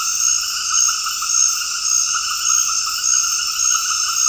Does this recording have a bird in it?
no